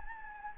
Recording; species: mosquito wingbeat signal from an infrared sensor; Anopheles gambiae